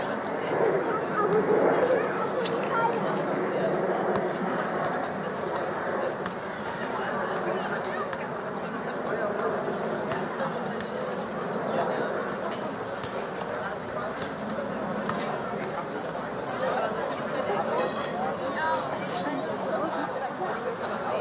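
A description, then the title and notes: Many voices blend into a steady crowd murmur on a summer evening, with children at play among the chatter. The mix stays dense and even throughout, with brief brighter calls and clicks popping out now and then, and a low constant rumble underneath. Audio Journeys of Berlin: Summer Evening Joy and Child Play.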